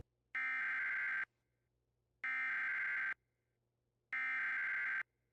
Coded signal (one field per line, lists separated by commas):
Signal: Emergency Alert System (SAME) tones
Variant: header bursts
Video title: (RARE!!!!) EAS #2,679: CIVIL EMERGENCY MESSAGE FOR DAWSON COUNTY NEBRASKA FOR WILDFIRE!!!! (3/13/26)